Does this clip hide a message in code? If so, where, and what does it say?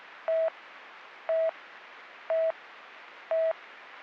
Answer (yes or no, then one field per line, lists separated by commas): no